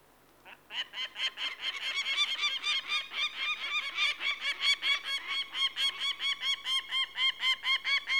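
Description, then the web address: Peregrine falcon giving a rapid, continuous run of harsh, grating kek notes that builds in intensity. "BBC Sound Effects Library. Peregrine Falcon"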